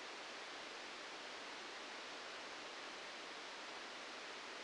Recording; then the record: brain microelectrode recording played as sound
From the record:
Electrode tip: outside the subthalamic nucleus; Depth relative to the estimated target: 1 mm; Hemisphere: left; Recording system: NeuroSet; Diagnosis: Parkinson's disease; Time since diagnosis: 13 years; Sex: male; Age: 65 years